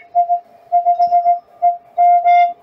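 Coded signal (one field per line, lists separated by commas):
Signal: Morse code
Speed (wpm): 18 wpm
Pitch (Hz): 700 Hz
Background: music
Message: I 5 EM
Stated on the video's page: QRP CW from a homebrew HF station on an EGV-9B nine-band transceiver, sent with homemade touch twin paddles.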